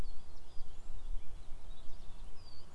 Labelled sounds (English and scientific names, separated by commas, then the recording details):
Eurasian Blackcap (Sylvia atricapilla)
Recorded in Germany
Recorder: ecoPi